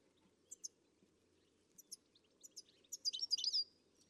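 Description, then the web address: Bird chirps, a few sparse high ticks leading into a brief buzzy twittering burst near the end, with faint background noise. "Deverinetal. Bird Only"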